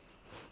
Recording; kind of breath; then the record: one breath in and out by a microphone near the nose and mouth; strong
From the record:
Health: marked as sick, illness not named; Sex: female